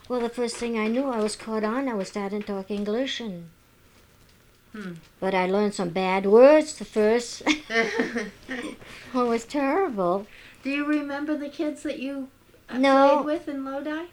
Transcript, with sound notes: Well, the first thing I knew I was caught on, I was starting to talk English. But I learned some bad words first. ( they laugh ) It was terrible.
Do you remember the kids that you played with in Lodi?